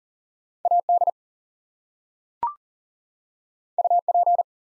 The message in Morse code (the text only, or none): AD UP